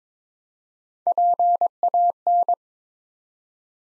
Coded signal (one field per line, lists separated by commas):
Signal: Morse code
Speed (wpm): 23 wpm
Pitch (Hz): 700 Hz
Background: none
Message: PAN